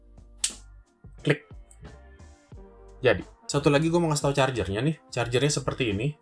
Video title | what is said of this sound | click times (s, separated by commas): NGOBROLIN Mi watch Lite: Smartwatch Murah dengan Fungsi Dasar dan GPS | ya tinggal masukin dan bunyi klik | 0.4 s